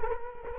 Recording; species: mosquito wingbeat signal from an infrared sensor; Culex quinquefasciatus